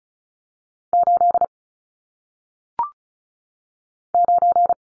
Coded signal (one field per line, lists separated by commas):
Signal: Morse code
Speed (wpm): 36 wpm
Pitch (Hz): 700 Hz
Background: none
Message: 8 9